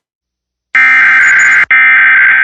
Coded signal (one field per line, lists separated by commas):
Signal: Emergency Alert System (SAME) tones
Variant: header bursts